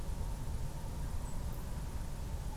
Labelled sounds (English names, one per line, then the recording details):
unidentified animal sound
European Robin
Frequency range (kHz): European Robin 7.7-8.7 kHz
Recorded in France